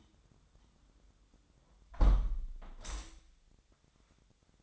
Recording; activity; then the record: daily activity, microphone in the room; close window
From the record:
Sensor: 3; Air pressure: 1006.4 hPa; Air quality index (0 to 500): 194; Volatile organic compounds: 14 ppm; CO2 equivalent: 2472 ppm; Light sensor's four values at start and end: 10/24/10/10 and 10/23/9/9